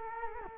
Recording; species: mosquito wingbeat signal from an infrared sensor; Culex quinquefasciatus